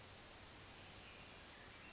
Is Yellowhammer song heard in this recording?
no